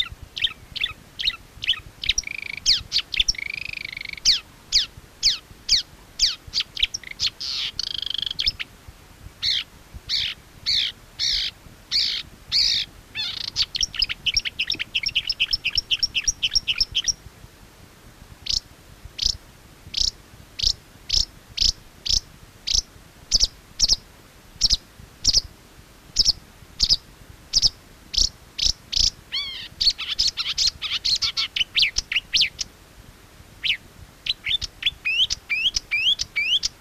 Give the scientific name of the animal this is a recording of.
Acrocephalus palustris